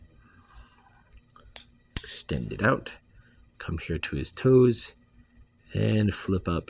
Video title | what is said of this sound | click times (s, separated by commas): Transformers ROTF Hunters Rumble, Sideswipe and Barricade | Fold this in until it clicks. | 1.6 s